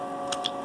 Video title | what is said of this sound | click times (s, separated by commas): Little shop and equipment tour for you guys (part 2) | and it locks into place. I don't know if you can hear that, but if you look through the hole here, | 0.3 s, 0.5 s